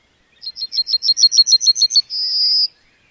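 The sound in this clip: Bird song, a quick series of about eleven high chirping notes that ends in a sustained buzzy trill, against a silent background.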